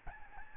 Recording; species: mosquito wingbeat signal from an infrared sensor; Aedes albopictus